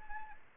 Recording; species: mosquito wingbeat signal from an infrared sensor; Anopheles arabiensis